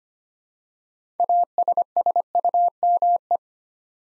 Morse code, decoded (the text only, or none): ASSUME